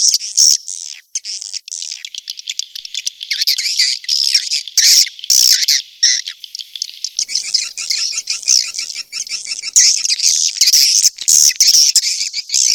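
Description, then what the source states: Swiftlet calls: shrill twitters and clicking pulses, dense and irregular, with a run of quick repeated buzzy notes midway. Sound used in swiftlet farming in Asia.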